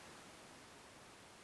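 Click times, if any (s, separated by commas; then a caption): none. The second pin of a six-pin GEGE Grundmann lock cylinder is binding and is being lifted. Only a steady, even broadband hiss is heard, with no distinct transient. Nothing has seated or clicked yet.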